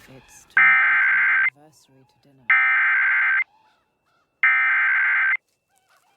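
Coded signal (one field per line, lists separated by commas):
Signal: Emergency Alert System (SAME) tones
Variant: header bursts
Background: speech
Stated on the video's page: Recorded from the PBS Fort Wayne livestream for a severe thunderstorm warning in north central Indiana.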